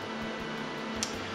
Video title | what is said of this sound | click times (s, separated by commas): Tutorial: Upgrading a T60 Thinkpad to 3GB of Ram (1080P) | fully seated and then press down you'll hear it click into place and | 1.0 s